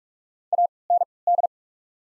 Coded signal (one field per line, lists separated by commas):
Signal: Morse code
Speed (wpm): 46 wpm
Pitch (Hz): 700 Hz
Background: none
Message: AND